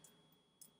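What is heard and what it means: A small screw is turned backwards on a vape atomizer coil deck until its metal thread drops into engagement, giving a small, sharp pop or click at 0.6 s. A fainter tick comes just before, and no one talks. The screw is then spun in, seated and not cross-threaded.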